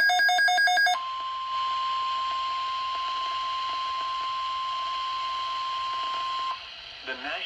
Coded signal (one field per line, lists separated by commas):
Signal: Emergency Alert System (SAME) tones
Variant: 1050 Hz attention tone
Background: speech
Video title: Severe Thunderstorm Watch on WXJ49 (EAS #1194)